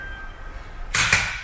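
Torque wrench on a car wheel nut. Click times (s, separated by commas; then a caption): 1.0 s, 1.1 s. A click-type torque wrench set to about 120 N·m tightens a wheel nut on a Ferrari. Over a low steady background, the wrench gives its sharp release clicks at 1.0 s and 1.1 s. The clicks signal that the set torque has been reached and tightening stops.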